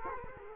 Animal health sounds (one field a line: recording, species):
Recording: mosquito wingbeat signal from an infrared sensor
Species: Culex quinquefasciatus